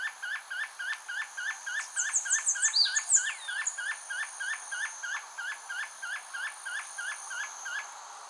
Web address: Spotted puffbird. صدای-پرنده-پفی-مرغ-خالدار